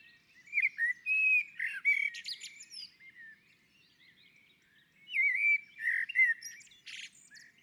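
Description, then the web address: Common blackbird singing two rich warbled phrases, each low fluty notes followed by thin high chattering, separated by a pause of about two seconds. On a roof. "Naturinspelningar Koltrast på taket"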